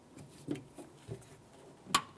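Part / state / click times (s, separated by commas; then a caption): wiring harness plug into door lock actuator / seated / 2.0 s. The top wiring harness connector is pushed by hand into the passenger door lock actuator of a 2000-2005 Buick LeSabre. After a few soft handling sounds, a sharp click at 1.9 s shows it has seated. It is then tugged to make sure it is secure.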